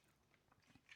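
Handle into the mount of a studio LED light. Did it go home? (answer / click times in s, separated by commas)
no / none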